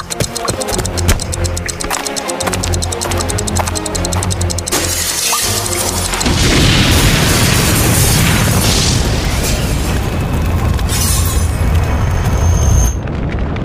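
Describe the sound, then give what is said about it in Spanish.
Rapid mechanical ticking and whirring run for several seconds, then a powerful explosion in Conejo Mendoza contra el virus mortal erupts into a loud, sustained roar with crackling, shattering debris before abruptly cutting off. “Y no sabemos si lograron escapar después de una potente explosión.”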